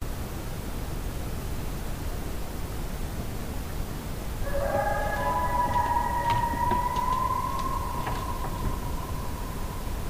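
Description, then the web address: Coyote howl rising gently and holding a long steady note for several seconds, with a few faint clicks and a constant low hiss underneath. Howl recorded on 26 July 2009. "Coyote 2009 07 26 howl"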